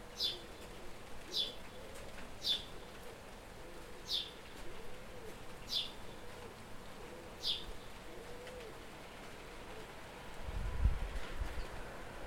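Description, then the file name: House sparrow giving six sharp single chirps, spaced one to two seconds apart, then a low rumble near the end. "Passer domesticus"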